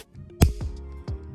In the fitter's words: there was the click